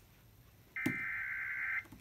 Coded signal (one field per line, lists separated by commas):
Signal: Emergency Alert System (SAME) tones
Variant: header bursts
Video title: EAS 144 SVR